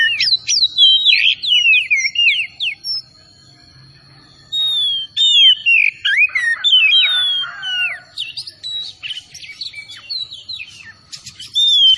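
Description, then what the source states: Oriental magpie-robin pouring out a rich, rapid medley of sharp whistles, slurs and chattering notes, briefly pausing before resuming with more varied phrases. Known as kacer tretes; singing vigorously (gacor).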